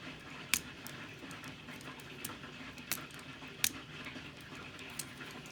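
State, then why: Not seated. Someone keeps pushing the plastic tab of a transforming action figure toward its slot, producing several sharp plastic knocks, the loudest at about 0.5 s and 3.6 s, over a low background hiss. The tab has not snapped into place, and nothing has seated or clicked yet.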